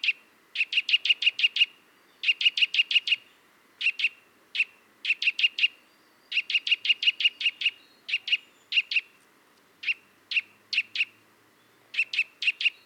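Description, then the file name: Eurasian nuthatch calls: sharp, clear piping notes given in quick runs of varying length, with short gaps between runs, continuing throughout. "Sitta europaea"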